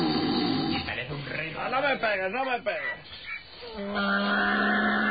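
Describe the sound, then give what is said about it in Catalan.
A donkey brays in a series of harsh, seesawing honks that rise and fall in pitch, loud against a steady background hum, with other voices or animal sounds around it. “El burro también está.”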